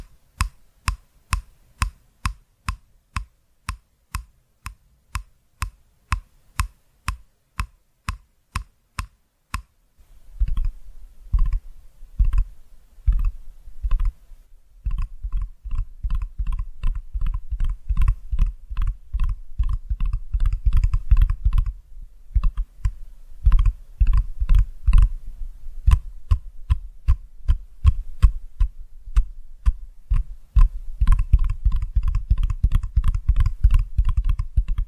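Tapping starts as evenly spaced sharp clicks, then after ten seconds turns into dense, fast, thumping taps with heavy low knocks.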